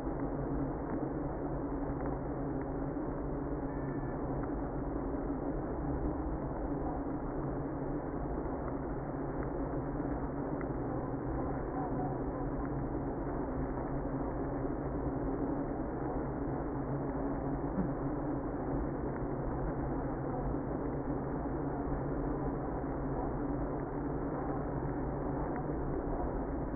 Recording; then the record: honeybee colony, microphone inside the hive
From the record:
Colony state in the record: queenless (queen removed); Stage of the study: after two queens were removed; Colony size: about 60,000 bees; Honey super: yes